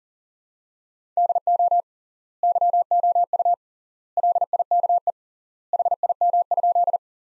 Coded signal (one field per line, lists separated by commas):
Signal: Morse code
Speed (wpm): 40 wpm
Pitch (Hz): 700 Hz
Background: none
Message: DO YOU LIKE HIM?